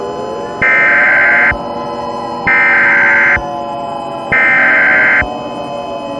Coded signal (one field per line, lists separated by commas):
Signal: Emergency Alert System (SAME) tones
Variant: header bursts